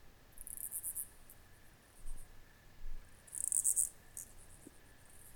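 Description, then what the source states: Crickets chirping in quick bursts of very high pulses, two main bursts about three seconds apart, over a faint steady insect hum. Crickets in a country field at night, with raspy cicadas nearby in the background.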